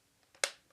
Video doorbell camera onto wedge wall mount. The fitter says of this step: and it's snapped in place. Okay.